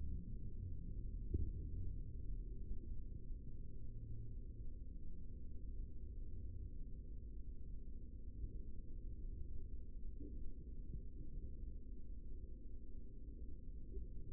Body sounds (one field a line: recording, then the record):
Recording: forearm muscle sounds (acoustic myography)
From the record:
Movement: rest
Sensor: system 3, bracelet of six PUI Audio POM-2738L microphones around the upper forearm, with dedicated amplification and filtering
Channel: 4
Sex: male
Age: 55 years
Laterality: right